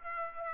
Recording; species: mosquito wingbeat signal from an infrared sensor; Aedes aegypti